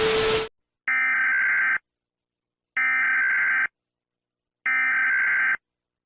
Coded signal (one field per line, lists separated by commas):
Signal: Emergency Alert System (SAME) tones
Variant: header bursts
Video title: EAS scenario #4 evil alphabet